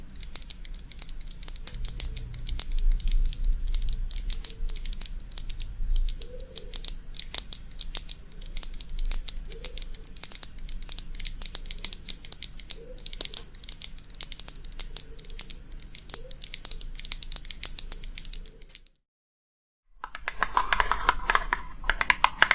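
Fast, dense tapping with sharp, bright clicks and a light rattling quality, like fingernails on a hard surface. It runs steadily with a low rumble underneath until it stops briefly around 19 seconds, then resumes with a softer, scratchier texture.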